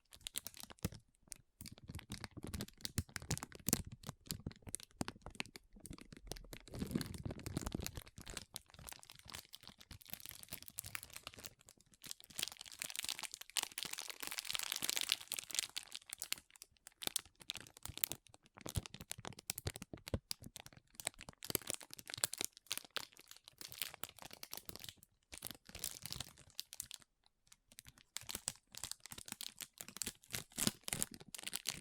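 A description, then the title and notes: Soft crinkling and sticky squishing run through the whole clip as dense streams of small crackles and crunches. Brief quiet gaps break the texture, and a louder, fuller stretch of crinkling builds around the middle before easing back to lighter, sparser handling. Soft Squishy Sticky, Crinkle, Cutting Sounds.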